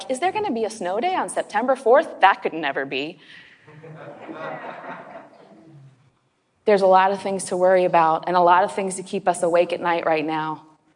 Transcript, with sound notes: Like, “Is there going to be a snow day on September 4? That could never be!” (laughter) There are a lot of things to worry about and a lot of things to keep us awake at night right now.